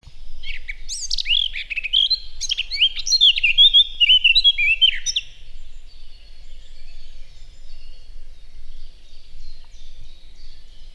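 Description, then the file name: Eurasian blackcap song, a bright, rapid warble of slurred whistles and chirps lasting a few seconds, followed by quiet, faint twittering. "Sylvia atricapilla"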